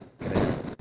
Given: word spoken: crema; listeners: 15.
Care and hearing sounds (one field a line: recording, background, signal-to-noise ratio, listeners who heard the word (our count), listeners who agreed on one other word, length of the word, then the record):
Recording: one Spanish word in noise, from a listening test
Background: noise modulated by one talker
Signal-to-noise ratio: -9.6 dB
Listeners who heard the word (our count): 0 of 15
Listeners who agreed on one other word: 7 of 15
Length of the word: 0.41 s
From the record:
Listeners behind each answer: 7, 2, 1, 1, 1, 1, 1, 1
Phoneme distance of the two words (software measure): 17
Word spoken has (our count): 2 syllables, 5 phonemes, stress on syllable 1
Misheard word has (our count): 2 syllables, 4 phonemes, stress on syllable 1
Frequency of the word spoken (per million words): 23.33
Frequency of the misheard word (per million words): 213.05